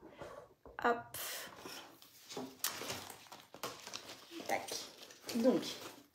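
Someone talks while handling the two halves of the plastic strap buckle on a finished fanny pack, bringing them together to check that it clips shut. Short handling noises are heard between the words. Nothing has clicked or seated yet when the clip ends.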